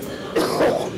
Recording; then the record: coughing mixed with background sound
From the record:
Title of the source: Coughing 77